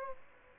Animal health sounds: mosquito wingbeat signal from an infrared sensor; Aedes aegypti

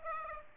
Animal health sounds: mosquito wingbeat signal from an infrared sensor; Aedes aegypti

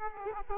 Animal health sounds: mosquito wingbeat signal from an infrared sensor; Aedes aegypti

